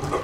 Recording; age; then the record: pig call; growing-finishing pig (85 days or more)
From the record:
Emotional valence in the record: positive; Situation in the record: run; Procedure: transit